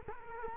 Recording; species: mosquito wingbeat signal from an infrared sensor; Culex quinquefasciatus